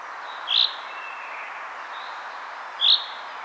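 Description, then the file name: Common chaffinch calls: two brief, bright high notes about two seconds apart against constant rushing background noise. "Fringilla coelebs"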